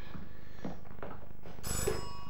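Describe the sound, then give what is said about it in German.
A telephone rings with a bright, metallic trill that starts partway through, its high tones sustained over a steady low background hum. “Sie stand am Telefon, den Hörer an ihrem entzückenden Ohr mit der linken Hand über ihre Hüfte streichend, ganz in der Pose des Mannequins.”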